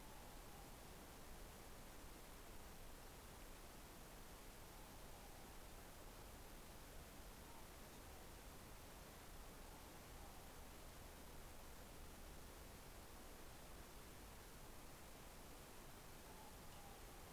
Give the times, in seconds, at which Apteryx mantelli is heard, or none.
none